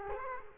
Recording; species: mosquito wingbeat signal from an infrared sensor; Culex quinquefasciatus